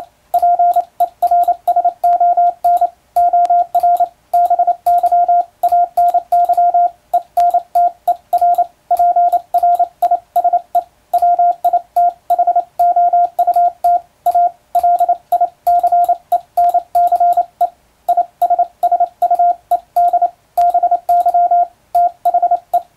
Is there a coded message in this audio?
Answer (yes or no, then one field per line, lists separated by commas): yes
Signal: Morse code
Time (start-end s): 0.3-22.8 s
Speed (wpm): 28 wpm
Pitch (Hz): 700 Hz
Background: radio noise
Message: PERSON OR BY ANY ENTERPRISE WITHOUT A LICENCE ISSUED BY THE